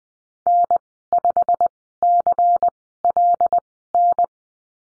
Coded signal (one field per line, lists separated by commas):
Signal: Morse code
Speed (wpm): 20 wpm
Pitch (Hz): 700 Hz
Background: none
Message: N5CLN